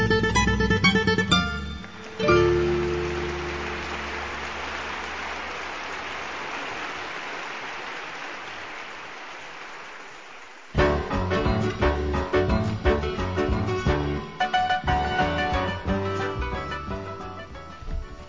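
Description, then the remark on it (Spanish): An audience at the Ecuadorian music show Florilegio Musical Ecuatoriano claps steadily for about eight seconds, a dense wash of applause that slowly fades, with music playing before it begins and starting up again right after it ends. “Y bueno, con esos aplausos de ustedes, estamos ya nosotros aquí en este escenario, en este espacio para compartir este gran encuentro de artistas.”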